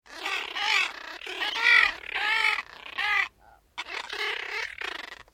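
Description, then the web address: Gulls uttering drawn-out, arching harmonic calls, several in a row with a brief gap after the middle. "Tom Hutchings Seagulls Talking"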